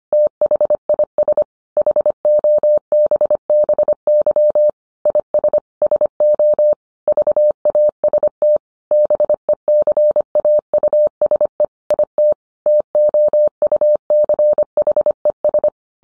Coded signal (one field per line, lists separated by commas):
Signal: Morse code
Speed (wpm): 25 wpm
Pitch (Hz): 600 Hz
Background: none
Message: THIS HOBBY IS SO VAST BECAUSE IT TOUCHES